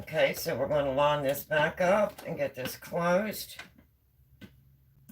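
Someone talks, then lines the plastic lid back up on the mixing chamber of a pasta and noodle maker to close it. Only two faint, brief ticks are heard near 4.4 and 5.1 seconds. Nothing has seated or clicked yet.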